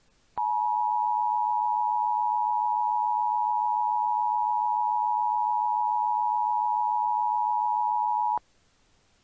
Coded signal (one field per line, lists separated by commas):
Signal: Emergency Alert System (SAME) tones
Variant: 853 and 960 Hz attention tone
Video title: Nuclear Attack | EAS Scenario